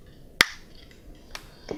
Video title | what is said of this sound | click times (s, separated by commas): Spectra® 9 Plus Portable Breast Pump For Sale in Wheeling, IL | you will want to snap your power cord into place until you hear a loud click | 0.4 s